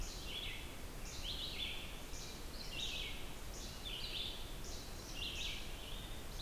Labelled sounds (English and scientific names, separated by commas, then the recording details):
Red-eyed Vireo (Vireo olivaceus) song
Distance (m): 35 m
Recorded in boreal forest in Alberta, Canada, on 29 June 2016 at 06:46
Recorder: SongMeter 3, array SBT-6-79
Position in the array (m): 2 m, 123 m